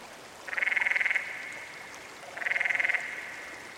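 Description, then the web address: Canyon frog calls: two rapid, buzzy pulsed trills, each under a second, with a softer, lower pulsed trill beneath each. "Dan Gibson's Solitudes Frog Song. Canyon Frog"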